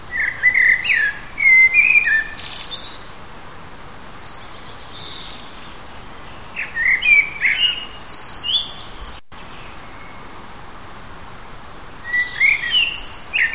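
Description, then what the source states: Bird singing in short whistled and chirping phrases, bright notes mostly high-pitched, in bursts early on, again around seven to eight seconds and near the end, with steady background hiss. Native birds of a hedge habitat, recorded in June.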